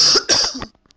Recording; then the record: coughing mixed with background sound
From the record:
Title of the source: November cold (wet coughing)